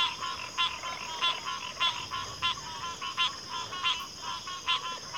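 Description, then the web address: Steady shrill cricket trilling runs beneath frequent frog croaks that come at a fairly even pace. Chorus of crickets at a backwater. "Natures Songs Sleep Sounds of Nature CRICKETS 03 Backwater Chorus"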